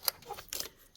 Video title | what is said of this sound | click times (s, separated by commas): 2014 Chevy Malibu P16CF Oil Rocker Arm Control Valve Fix | snaps in place and then we'll push the red tab forward | 0.1 s